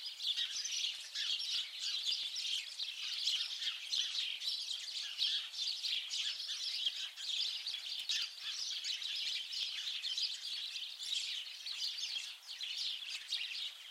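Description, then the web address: Bird calls, a steady run of high chirps and short squawky notes without pause for the whole stretch. "Deverinetal 2025. Bird Only"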